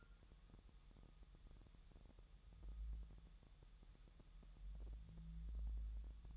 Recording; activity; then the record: daily activity, microphone in the room; wipe stove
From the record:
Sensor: 3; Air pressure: 1001.0 hPa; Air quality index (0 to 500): 250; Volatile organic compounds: 183 ppm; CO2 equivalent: 4153 ppm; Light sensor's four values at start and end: 13/31/13/13 and 13/31/13/13